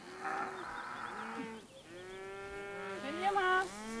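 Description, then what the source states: Cattle (calf): calves moo in long, drawn-out bellows, several overlapping with rising and falling pitch; a higher, strained moo swells near the end. Three calves escaped onto the neighbouring pasture, mooing while the farmer tries to drive them back.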